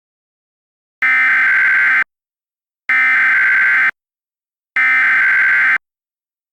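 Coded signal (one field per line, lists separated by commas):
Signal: Emergency Alert System (SAME) tones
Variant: header bursts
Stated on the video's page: Mock alert made with software (Audacity, EAS.tools, synthetic voice), not a real activation.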